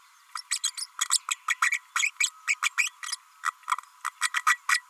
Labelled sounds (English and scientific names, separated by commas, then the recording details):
Green-rumped Parrotlet (Forpus passerinus) babbling
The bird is a female
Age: 32 days
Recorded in a nest box in Venezuela
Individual 17B32A5